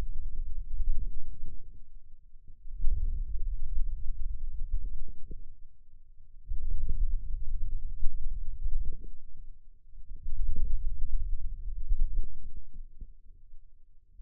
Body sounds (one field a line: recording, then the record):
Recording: forearm muscle sounds (acoustic myography)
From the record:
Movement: radial deviation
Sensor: system 2, bracelet of six BSWA MPA416 microphones around the upper forearm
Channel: 1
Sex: male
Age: 22 years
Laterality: right